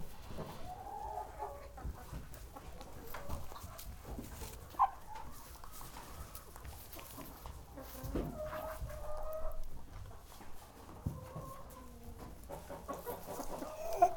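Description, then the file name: Chickens clucking and squawking in short, scattered bursts amid low rumbling and shuffling noise. Chickens in a barn, walking around the microphone, squawking and clucking. "freesound chickens and ducks"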